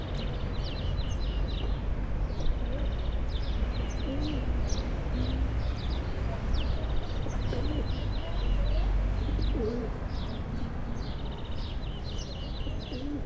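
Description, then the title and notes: Pigeons giving soft, low, rounded coos scattered throughout, with small birds chirping repeatedly and a constant low traffic drone. Pigeons sheltering in a refuge triangle formed by three cedars in an urban square, Aix-les-Bains, France; a greenfinch, some sparrows and passing vehicles, including small microcar engines, also heard. "Pl. Georges Clemenceau, Aix-les-Bains, France - Le triangle des pigeons. Trois cèdres délimitent un triangle refuge pour les pigeons, un verdier et quelques moineaux complètent l'avifaune"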